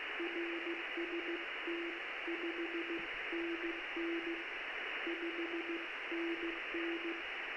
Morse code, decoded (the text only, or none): RST 5NN 5NN